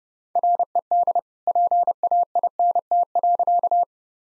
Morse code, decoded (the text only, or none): RED PAINT.